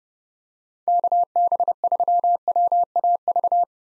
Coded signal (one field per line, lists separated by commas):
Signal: Morse code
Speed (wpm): 30 wpm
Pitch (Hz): 700 Hz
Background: none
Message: KB3WAV